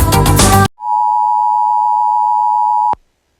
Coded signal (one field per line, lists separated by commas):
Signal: Emergency Alert System (SAME) tones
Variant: 853 and 960 Hz attention tone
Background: music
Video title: WJON IP & KLTRADIO EMERGENCY ALERT SYSTEM COMPILATION!!